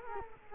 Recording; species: mosquito wingbeat signal from an infrared sensor; Culex quinquefasciatus